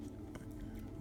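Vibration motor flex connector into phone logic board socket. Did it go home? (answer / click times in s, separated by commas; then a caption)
yes / 0.4 s. The small flex cable connector of the Taptic engine, the vibration motor, is pressed onto its logic board socket inside an iPhone 6s Plus. A short, faint click comes at 0.4 s over a steady low background hum, and the connector seats in place.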